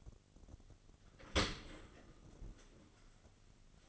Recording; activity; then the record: daily activity, microphone in the room; open dishwasher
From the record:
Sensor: 4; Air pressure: 1003.9 hPa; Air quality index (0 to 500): 148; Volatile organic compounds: 2 ppm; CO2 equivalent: 1056 ppm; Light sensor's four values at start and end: 19/45/19/20 and 20/48/20/21